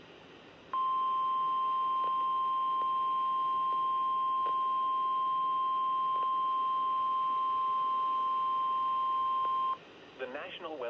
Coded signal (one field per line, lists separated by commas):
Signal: Emergency Alert System (SAME) tones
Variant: 1050 Hz attention tone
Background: speech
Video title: Special marine warning (EAS 11)